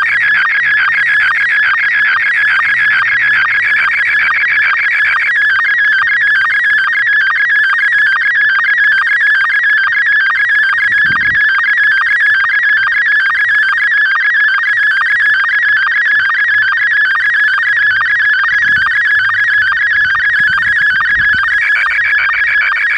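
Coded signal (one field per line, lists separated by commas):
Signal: SSTV (slow-scan television)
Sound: steady warbling, chirping tone with fast regular ticks throughout, like a buzzy modem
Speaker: Received DTMF command number 20. SSTV test transmission.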